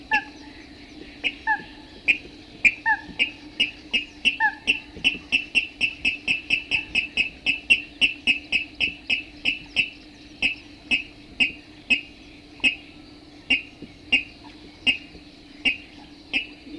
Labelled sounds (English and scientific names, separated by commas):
Water Rail (Rallus aquaticus) song